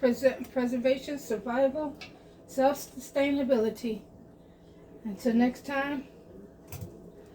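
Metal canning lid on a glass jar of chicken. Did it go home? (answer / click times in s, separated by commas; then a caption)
yes / 6.7 s. A metal canning lid on a cooling glass jar of chicken pulls down and seals with a single sharp click at 6.7 s. Before the click, someone talks while signing off. The lid has sealed.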